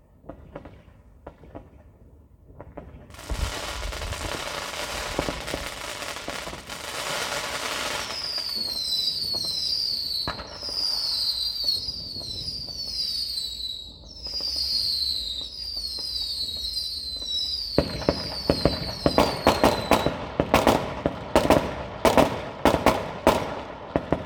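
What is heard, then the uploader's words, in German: Fireworks on New Year's Eve, opening with a few sparse pops before a dense crackling roar takes over around three seconds in. From about eight seconds, high whistling rockets shriek repeatedly over the din, and near the end a quick run of sharp bangs bursts out. Silvesternacht: Feuerwerk und Freude.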